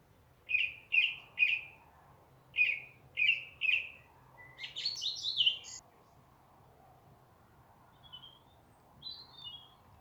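Song thrush singing, a clear note repeated three times, then another triple repetition, followed by a squeaky scratchy phrase and thin high notes.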